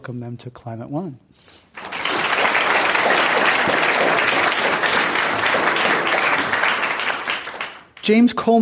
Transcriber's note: applause